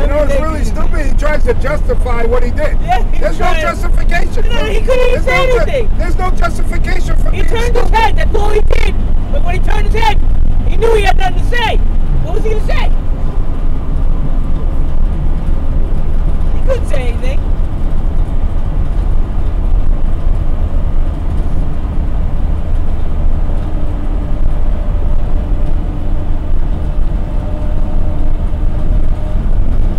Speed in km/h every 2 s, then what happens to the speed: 58, 60, 63, 66, 68, 69, 72, 72, 74, 74, 77, 79, 79, 81, 82.
0-30 speeds up to 82.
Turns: none.